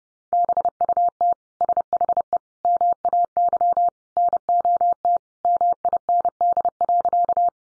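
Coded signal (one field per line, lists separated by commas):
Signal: Morse code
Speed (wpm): 30 wpm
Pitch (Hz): 700 Hz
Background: none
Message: BUT SHE MAY NOT MIND.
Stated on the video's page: Head-copy drill of sentences built from the top 600 words in Morse at 30 wpm, each sent, spoken, then sent again.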